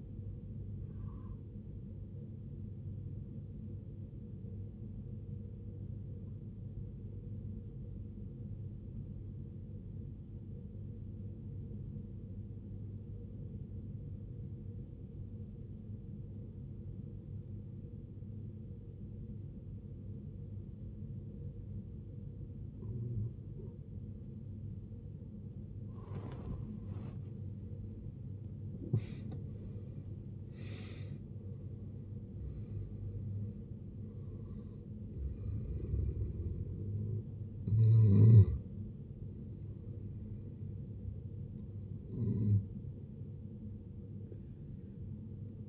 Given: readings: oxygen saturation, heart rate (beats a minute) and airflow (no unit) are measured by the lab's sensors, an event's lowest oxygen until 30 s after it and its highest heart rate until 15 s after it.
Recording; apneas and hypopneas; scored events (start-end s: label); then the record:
breathing in sleep by a smartphone at the bedside; 1
8.00-25.60 s: obstructive apnea (N1, oxygen 94% highest, then 78% lowest, heart rate 68 at the start, 86 highest)
9.00-39.00 s: new sleep stage, N2 (light sleep)
39.00-45.69 s: new sleep stage, N1 (lightest sleep)
From the record:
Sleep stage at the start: N1 (lightest sleep); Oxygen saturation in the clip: 79 to 94%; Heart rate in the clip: 52 to 86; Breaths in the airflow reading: 6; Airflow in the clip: -18.5 to 15.9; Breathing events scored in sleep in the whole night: 389 in 6.3 hours asleep